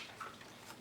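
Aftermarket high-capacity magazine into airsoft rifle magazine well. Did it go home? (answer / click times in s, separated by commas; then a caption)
yes / 0.2 s. An aftermarket plastic high-capacity magazine is inserted into the magazine well of a CYMA CM.048 AK-74 style airsoft AEG rifle and clicks into place at 0.2 seconds. A short, sharp click stands out from a quiet background. It seats and locks, fitting nicely with a little more wobble than the stock magazine.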